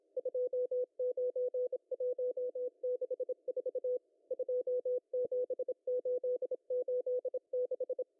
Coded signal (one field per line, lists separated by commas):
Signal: Morse code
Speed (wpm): 26 wpm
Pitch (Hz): 500 Hz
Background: none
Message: 29164 27886